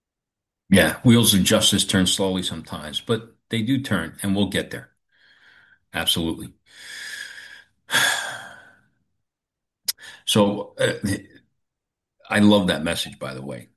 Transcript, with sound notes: Yeah, wheels of justice turn slowly sometimes, but they do turn, and we'll get there. Absolutely. (sighs) So, uh, I love that message by the way.